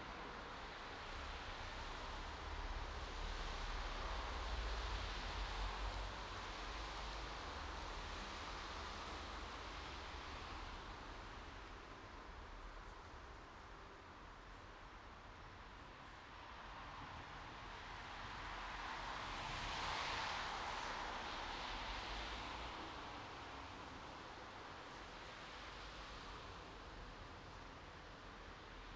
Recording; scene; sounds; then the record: everyday scene through a hearing-aid microphone; in traffic; traffic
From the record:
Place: bus stop on a city main road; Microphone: in the ear canal, right